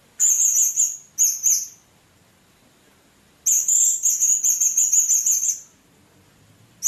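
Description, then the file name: Blue-crowned hanging parrot calls: short shrill bursts followed by a long, rapidly trilled run of high buzzy notes lasting about two seconds, over a steady high tone. "serindit"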